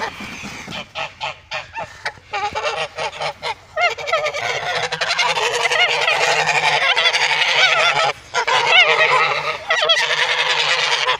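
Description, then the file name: Goose: geese honking: a dense flock chorus of nasal, overlapping honks, starting in separate bursts and then running almost continuously for several seconds. "Odglosy zwierzat gesi"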